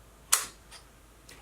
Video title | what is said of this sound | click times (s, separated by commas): Unboxing the new Traxxas TRX 4 Defender | a hard plastic tie-down that just snaps into place and that | 0.3 s